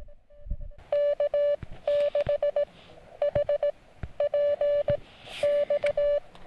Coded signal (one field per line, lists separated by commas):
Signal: Morse code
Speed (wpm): 19 wpm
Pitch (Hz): 590 Hz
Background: none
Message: K6HPX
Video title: Gear Failure Cuts Our SOTA Ski Trip Short